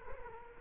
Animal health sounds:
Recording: mosquito wingbeat signal from an infrared sensor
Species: Culex quinquefasciatus

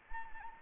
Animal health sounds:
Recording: mosquito wingbeat signal from an infrared sensor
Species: Anopheles arabiensis

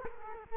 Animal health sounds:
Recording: mosquito wingbeat signal from an infrared sensor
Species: Culex quinquefasciatus

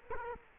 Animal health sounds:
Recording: mosquito wingbeat signal from an infrared sensor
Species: Culex quinquefasciatus

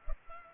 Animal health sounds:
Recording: mosquito wingbeat signal from an infrared sensor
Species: Culex pipiens

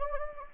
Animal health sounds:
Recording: mosquito wingbeat signal from an infrared sensor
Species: Anopheles gambiae

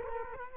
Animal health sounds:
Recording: mosquito wingbeat signal from an infrared sensor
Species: Culex quinquefasciatus

